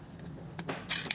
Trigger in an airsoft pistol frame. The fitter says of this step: ah i heard it pop out look